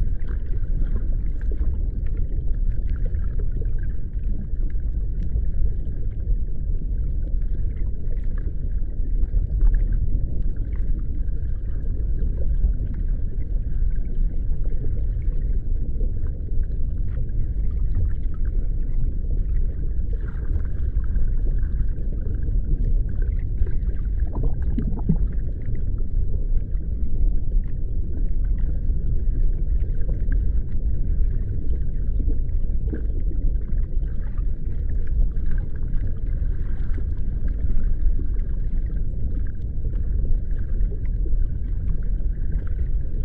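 A steady underwater ambience: a dense, low rumble that never lets up, muffled and heavy at the bottom. Above it a thin band of faint crackling and ticking flickers throughout, and a brief rising moan surfaces around the 24-second mark.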